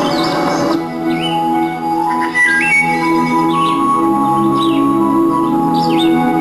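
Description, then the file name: Bird chirps: rapid short notes, some rising and some falling, repeated above an unbroken droning background hum. "canto aves"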